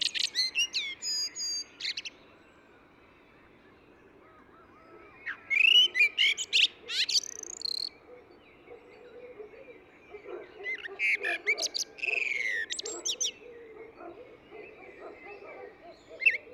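Eurasian blackbird singing three separate phrases of fluted warbling and high squeaky twittering, with pauses of a few seconds between them.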